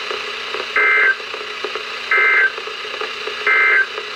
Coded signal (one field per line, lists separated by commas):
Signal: Emergency Alert System (SAME) tones